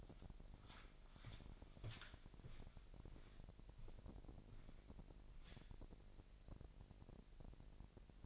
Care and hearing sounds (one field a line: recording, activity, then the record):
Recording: daily activity, microphone in the room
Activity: walk to room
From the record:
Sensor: 5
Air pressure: 1002.1 hPa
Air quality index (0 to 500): 248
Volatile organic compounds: 7 ppm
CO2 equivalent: 2025 ppm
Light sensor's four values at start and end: 30/69/28/30 and 30/71/29/30